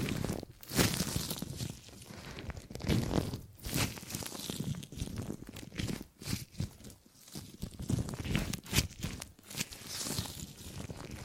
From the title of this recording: Gripping and Grabbing Sounds